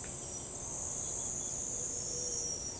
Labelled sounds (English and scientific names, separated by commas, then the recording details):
none
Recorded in forest near Pivijay, Magdalena, Colombia, on 5 June 2023 at 06:00
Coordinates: 10.467, -74.380
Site Z5-G034